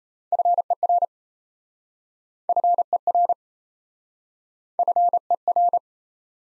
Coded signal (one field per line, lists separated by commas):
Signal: Morse code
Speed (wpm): 37 wpm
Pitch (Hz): 700 Hz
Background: none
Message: FER FER FER